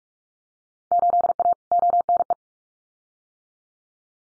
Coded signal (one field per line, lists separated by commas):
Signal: Morse code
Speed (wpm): 46 wpm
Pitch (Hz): 700 Hz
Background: none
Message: 8A ONE